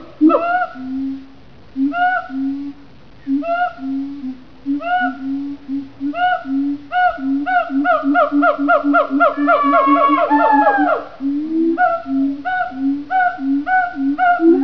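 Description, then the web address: Siamang song: loud repeated honking notes with rich harmonics, speeding into a rapid series of calls, then breaking back into steady spaced hoots. "siamang song"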